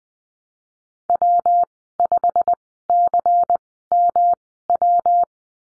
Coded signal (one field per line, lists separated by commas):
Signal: Morse code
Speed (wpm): 20 wpm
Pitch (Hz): 700 Hz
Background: none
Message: W5CMW